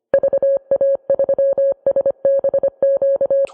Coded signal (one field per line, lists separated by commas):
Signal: Morse code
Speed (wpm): 25 wpm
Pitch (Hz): 550 Hz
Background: none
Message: VA3SBQ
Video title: Summer 1944 on the Eastern Front, north and south